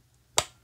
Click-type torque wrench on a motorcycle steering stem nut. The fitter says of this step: her around listen for the click on your wrench